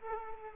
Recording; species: mosquito wingbeat signal from an infrared sensor; Culex quinquefasciatus